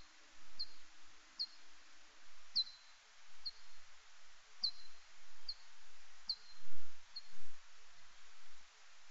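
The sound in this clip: Little forest bat echolocation calls: quick descending chirps repeated about every second, uneven in loudness, over soft low rumbling background noise.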